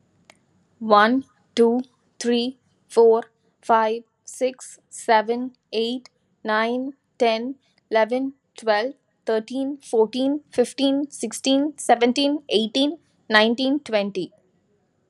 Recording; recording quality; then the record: counting at a normal pace; excellent, no background noise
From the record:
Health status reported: healthy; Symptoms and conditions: none ticked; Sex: female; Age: 25 years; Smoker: not ticked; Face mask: not worn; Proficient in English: yes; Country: India